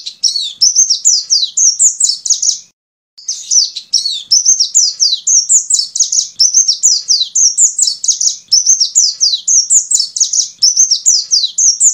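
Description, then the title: White-eye singing a long, rapid run of very high, thin, down-slurred twittering notes, broken by one brief pause near the start. "Pleci"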